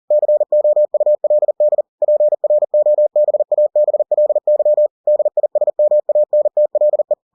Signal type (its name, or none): Morse code